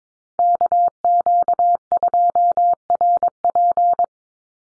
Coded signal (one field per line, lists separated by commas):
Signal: Morse code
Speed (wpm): 22 wpm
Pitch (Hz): 700 Hz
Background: none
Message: KQ2RP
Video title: NA SOTA Chaser Callsigns 22wpm